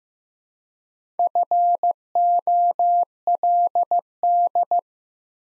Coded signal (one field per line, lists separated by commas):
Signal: Morse code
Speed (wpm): 15 wpm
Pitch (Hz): 700 Hz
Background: none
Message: FOLD